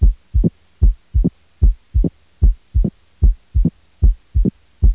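Heart sounds of an adult: a regular, low-pitched beat at about 75 per minute, each beat a distinct pair of first and second sounds.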